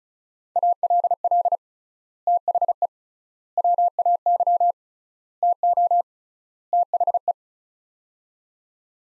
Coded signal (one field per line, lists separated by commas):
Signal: Morse code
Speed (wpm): 34 wpm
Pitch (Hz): 700 Hz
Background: none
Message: ALL THE WAY TO THE